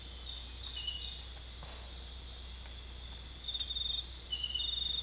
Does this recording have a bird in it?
no